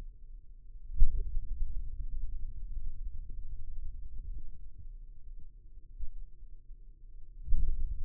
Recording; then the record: forearm muscle sounds (acoustic myography)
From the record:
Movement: hand opening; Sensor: system 2, bracelet of six BSWA MPA416 microphones around the upper forearm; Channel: 4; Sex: male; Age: 22 years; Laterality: right